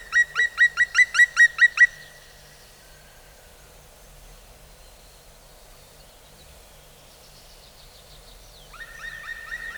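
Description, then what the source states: Black woodpecker flight call, a rapid run of about nine harsh, ringing notes at a steady pitch, then quiet, with another call beginning at the very end. Call approaching from afar as the bird flies past, continuing on its way; pine heath; largest Finnish woodpecker, jet black, winters in forests, digging ants from mounds and stumps.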